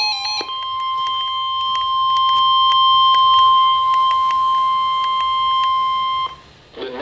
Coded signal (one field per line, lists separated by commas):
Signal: Emergency Alert System (SAME) tones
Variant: 1050 Hz attention tone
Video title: Special Marine Warning (EAS #133)